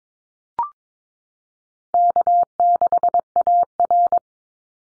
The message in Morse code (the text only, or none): K6AR